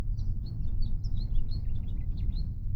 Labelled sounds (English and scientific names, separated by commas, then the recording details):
House Finch (Haemorhous mexicanus) song
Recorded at Atlantic Beach West on Long Island, New York, on 2 June 1975
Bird C